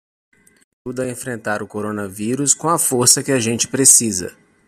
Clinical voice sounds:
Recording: spoken sentence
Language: Brazilian Portuguese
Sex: male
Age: 30 to 39 years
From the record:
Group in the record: control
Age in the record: 39 years

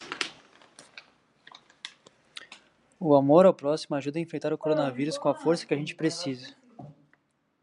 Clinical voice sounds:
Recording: spoken sentence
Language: Brazilian Portuguese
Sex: male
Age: 20 to 29 years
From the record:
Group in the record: control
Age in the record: 25 years

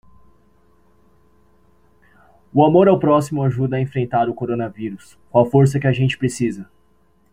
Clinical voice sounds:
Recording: spoken sentence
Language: Brazilian Portuguese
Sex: male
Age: 20 to 29 years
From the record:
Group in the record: control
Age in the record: 24 years

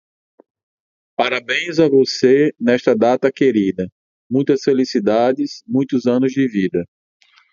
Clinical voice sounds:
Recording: short text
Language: Brazilian Portuguese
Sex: male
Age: 40 to 49 years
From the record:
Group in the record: control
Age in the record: 44 years

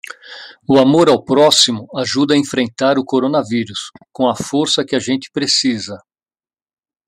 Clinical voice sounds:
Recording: spoken sentence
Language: Brazilian Portuguese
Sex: male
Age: 50 to 59 years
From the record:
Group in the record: control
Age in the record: 58 years

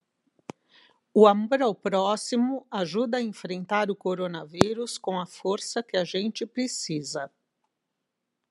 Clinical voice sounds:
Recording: spoken sentence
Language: Brazilian Portuguese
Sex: female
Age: 50 to 59 years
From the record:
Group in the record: control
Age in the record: 53 years

